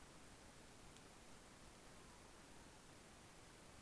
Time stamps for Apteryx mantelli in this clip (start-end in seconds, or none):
none